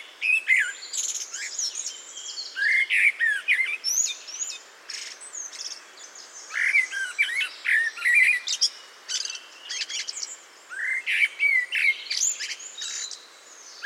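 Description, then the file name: Eurasian blackbird singing, fluted notes mixed with many high chirps, squeaks and twitters. "Turdus merula"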